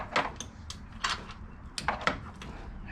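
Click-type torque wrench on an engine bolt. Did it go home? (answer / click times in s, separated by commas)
yes / 2.1 s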